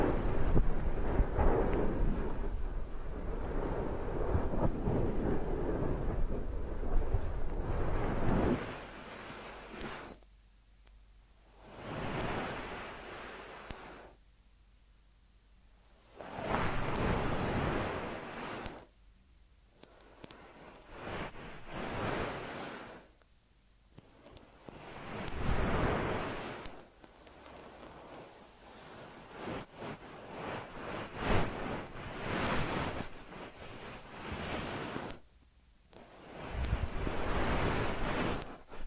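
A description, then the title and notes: Deep ear massage sounds: a dense, rushing rub that fills the first eight seconds, then breaks into separate swells of soft friction. Each swell lasts a few seconds with near-silent gaps between, some carrying brighter crackly scratching, the last rising again near the end. ASMR Deep Ear Massage for Sleep(No Talking).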